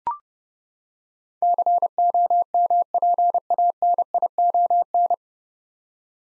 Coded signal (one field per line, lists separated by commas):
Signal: Morse code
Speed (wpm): 31 wpm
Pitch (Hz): 700 Hz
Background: none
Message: COMPANION